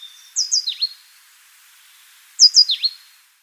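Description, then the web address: Tenerife blue tit: small songbird giving two short phrases of high, sharp descending notes, each ending in a lower dipping note. "Schulze Peter Tenerife Blue Tit song"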